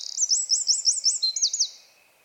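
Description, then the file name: Eurasian wren song: a rapid series of high, sharp notes in under two seconds, ending with a few slightly lower notes. "Troglodytes troglodytes"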